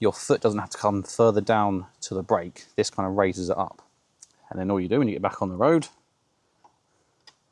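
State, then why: Not seated. Someone talks while handling the metal off-road step on the rear brake pedal of a BMW F900GS motorcycle, an extension that raises the pedal for standing riding and folds back to road position. After the speech, two faint short ticks are heard near 6.7 s and 7.3 s, but the clip ends before the step is lifted into its road position, and nothing has seated or clicked yet.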